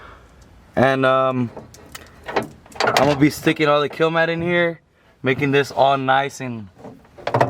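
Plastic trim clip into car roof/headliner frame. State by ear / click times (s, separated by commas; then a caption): seated / 7.3 s. A plastic trim clip is pushed into the metal roof structure of a classic Chevy while headliner parts are being removed and refitted. Someone talks throughout, and a sharp snap comes at 7.3 s as the clip clicks into place and seats.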